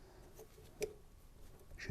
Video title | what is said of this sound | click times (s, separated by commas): Beko Washer Motor Failure? Don't Call an Engineer Yet - DIY FIX! | And then push the electrical connection into place on the motor, should click into place and be locked into position. | 0.8 s